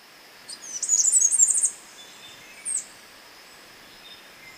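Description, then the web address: Mountain wren singing one quick, high jumble of tinkling notes for about a second, followed by a short sharp note. Recorded in Ecuador. "Birds of Ecuador. Mountain Wren"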